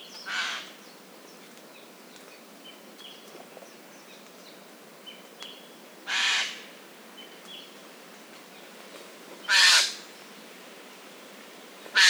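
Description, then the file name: Eurasian jay giving harsh, rasping screeches, four in all, spaced a few seconds apart, with thin whistles from other small birds between them. "Garrulus glandarius"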